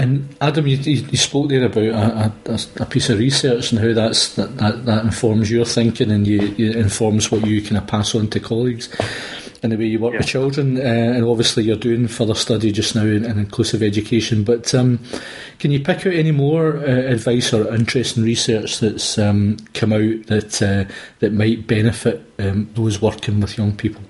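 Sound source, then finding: Adult male interviewer. Typical speech.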